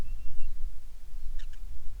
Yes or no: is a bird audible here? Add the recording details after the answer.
yes. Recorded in the Prudhoe Bay oil fields, Alaska, on 10 July 2019 at 09:38. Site 11